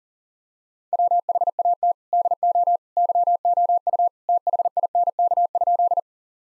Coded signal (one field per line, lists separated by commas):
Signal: Morse code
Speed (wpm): 37 wpm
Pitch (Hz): 700 Hz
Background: none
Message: WHAT DO YOU THINK?